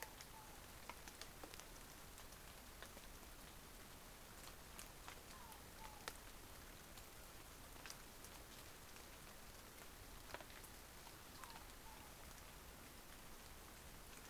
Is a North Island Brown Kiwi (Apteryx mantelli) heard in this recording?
no